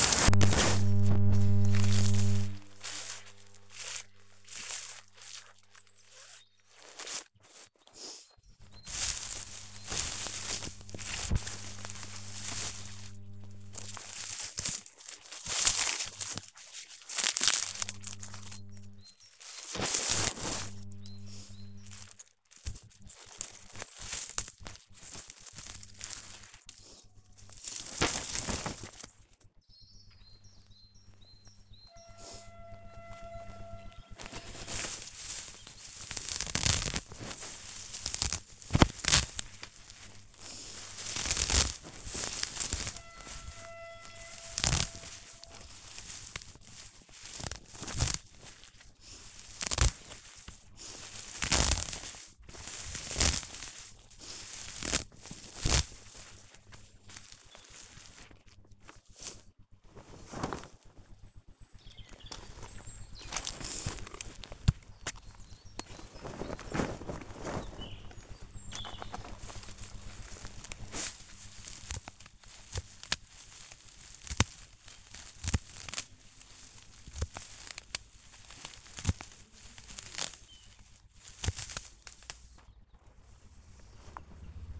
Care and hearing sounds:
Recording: household activities, microphone on the right wrist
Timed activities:
0.00-77.30 s: cutting plants (near water)
80.31-84.80 s: cutting plants (near water)

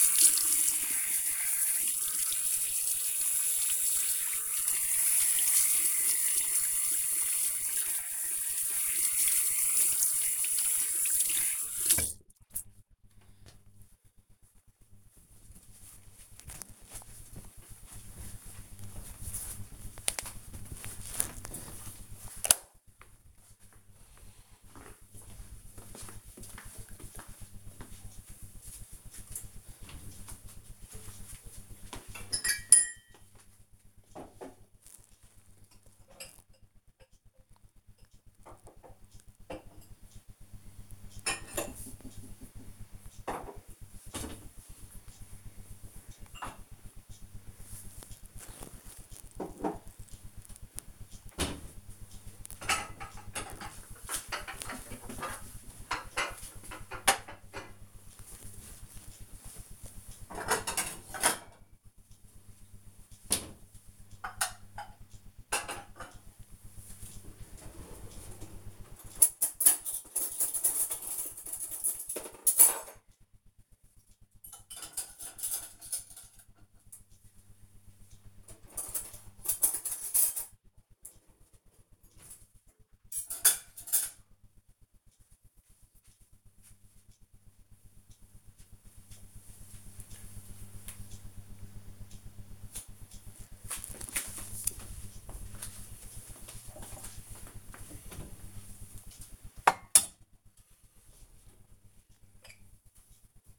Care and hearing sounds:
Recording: household activities, microphone on the right wrist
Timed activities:
0.00-12.45 s: washing hands
93.13-103.59 s: putting away the dishes

